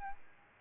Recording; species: mosquito wingbeat signal from an infrared sensor; Aedes albopictus